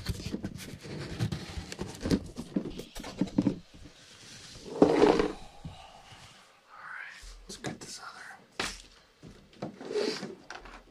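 Tapping on a small vase and boxes, with dense clusters of quick knocks and clicks in the first three and a half seconds. A louder, ringing tap lands near five seconds, followed by sparser, scattered taps and brief scraping sounds through the end.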